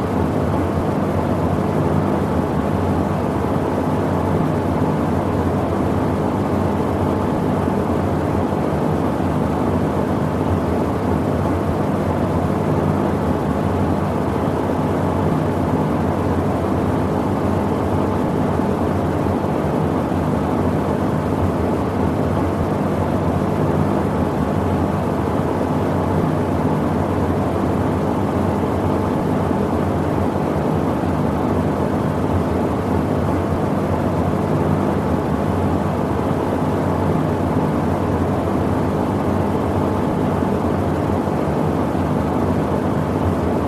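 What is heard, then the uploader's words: A box fan runs at a constant speed, giving an unbroken, even whoosh with a strong low rumble and a softer airy hiss above it. Nothing changes across the whole stretch, with no clicks, pauses or other sounds. Relaxing Box Fan Sound. White noise.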